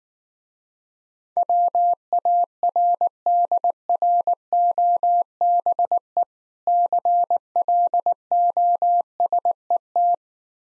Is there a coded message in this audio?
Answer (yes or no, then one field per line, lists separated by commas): yes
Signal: Morse code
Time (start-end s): 1.4-10.1 s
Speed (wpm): 19 wpm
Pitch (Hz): 700 Hz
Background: none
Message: WARDROBE CLOSET